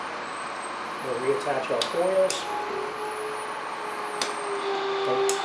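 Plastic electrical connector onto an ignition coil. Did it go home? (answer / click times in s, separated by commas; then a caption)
yes / 4.2 s, 5.3 s. A plastic electrical connector is pushed onto an ignition coil as the coils are reinstalled on a 2009 Toyota Corolla during a valve cover gasket replacement. Someone talks over a steady low background hum, and sharp clicks at 4.2 s and 5.3 s mark the connectors snapping in, confirming they are locked in place.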